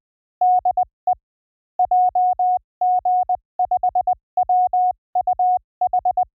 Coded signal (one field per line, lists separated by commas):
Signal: Morse code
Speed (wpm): 20 wpm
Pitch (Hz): 730 Hz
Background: none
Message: DE JG5WUH